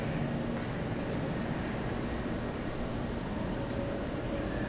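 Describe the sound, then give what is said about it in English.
Steady, loud ambience of an airport terminal train platform at Concourse C: a constant low rumble and mechanical hum with a faint tonal whine running through it, no clear voices. “Trains to all stations depart from other side of platform.”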